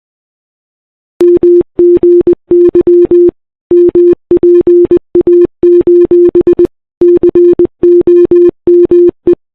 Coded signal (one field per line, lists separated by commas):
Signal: Morse code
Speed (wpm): 20 wpm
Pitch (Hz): 340 Hz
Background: none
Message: MGY MPA: COME